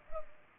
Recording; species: mosquito wingbeat signal from an infrared sensor; Culex pipiens